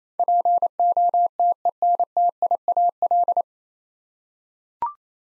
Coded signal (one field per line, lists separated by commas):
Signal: Morse code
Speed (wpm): 28 wpm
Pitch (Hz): 700 Hz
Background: none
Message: POTENTIAL